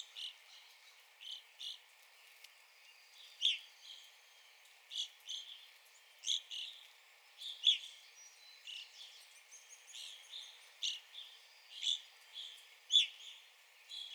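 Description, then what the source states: Evening grosbeak giving many brief, ringing high call notes at uneven intervals. Recorded on 9 April 2021.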